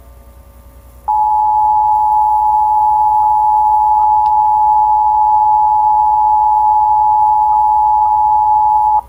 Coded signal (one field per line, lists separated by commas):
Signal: Emergency Alert System (SAME) tones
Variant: 853 and 960 Hz attention tone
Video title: (VERY OLD) The Time of Ravagers (EAS Scenario)